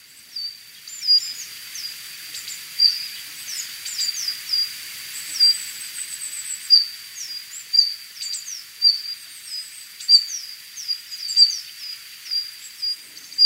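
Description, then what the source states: Japanese leaf warbler singing clusters of high, scratchy notes at intervals, over a continuous thin, high whine throughout. Recorded on Kamishima, Mie Prefecture, Japan.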